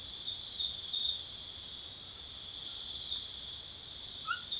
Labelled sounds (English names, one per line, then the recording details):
none
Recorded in dense forest near Puerto Asís, Putumayo, Colombia, on 21 February 2024 at 00:30
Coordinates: 0.505, -76.324
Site G6467